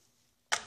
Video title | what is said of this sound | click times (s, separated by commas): Airsoft JG Bar-10 and Well vsr-10 sniper rifles! | um but it has a nice clicks into place nice | 0.5 s